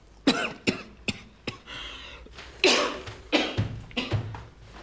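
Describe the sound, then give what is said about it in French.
A run of harsh, dry coughs, about seven or eight sharp bursts in an irregular rhythm, the loudest near the middle, with no talking. “Tu tousses seulement parce que t'es trop coincé.”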